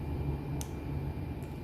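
A stethoscope chestpiece is rotated on its stem to switch between bell and diaphragm, and it clicks into position at 0.6 s with a short, sharp tick over a steady low hum. A fainter tick follows near 1.4 s, and the chestpiece is locked in place.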